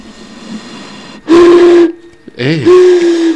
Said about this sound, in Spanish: Llama un grupo danés que se dedica a hacer versiones con botellas de vidrio. Y loops. Y loops de botellas de vidrio. Soplando.